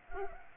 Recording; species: mosquito wingbeat signal from an infrared sensor; Culex pipiens